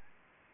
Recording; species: mosquito wingbeat signal from an infrared sensor; Anopheles gambiae